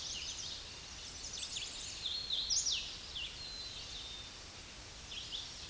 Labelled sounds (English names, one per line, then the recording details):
Hooded Warbler song
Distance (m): 20 m
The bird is about 5 m below the microphone
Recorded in a Pennsylvania forest on 16 May 2024 at 08:17
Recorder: AudioMoth, point MSD-2163
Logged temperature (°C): 16.1 °C
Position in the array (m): 167 m, 125 m